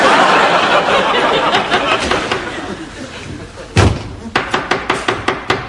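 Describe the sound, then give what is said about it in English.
After a stretch of muffled murmuring, a single loud thud like a door slamming rings out, followed by a quick run of about seven sharp, evenly spaced knocks on the door by actors. “Is that the door?”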